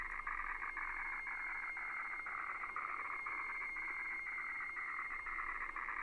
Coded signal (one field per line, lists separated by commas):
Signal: weather fax (radiofax)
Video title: Decoding HF wefax with an Atari 8-bit computer